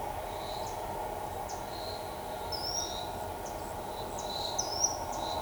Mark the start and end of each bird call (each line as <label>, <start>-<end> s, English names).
Ochre-lored Flatbill, 2.47-2.92 s
Ochre-lored Flatbill, 4.56-4.91 s